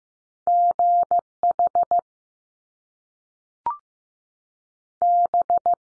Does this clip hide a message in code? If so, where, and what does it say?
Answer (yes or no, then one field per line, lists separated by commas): yes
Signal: Morse code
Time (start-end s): 0.5-5.7 s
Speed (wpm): 15 wpm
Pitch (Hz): 700 Hz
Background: none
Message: G H B